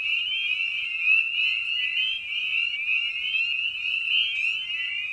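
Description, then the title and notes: Dense spring peeper chorus of high, bright, rising peeps overlapping without pause. Evening at a frog pond. "Episode 5: Night of the Peepers. we return to the frog pond for a meditative evening. Spring Peeper (Pseudacris crucifer). Ian Carlsen"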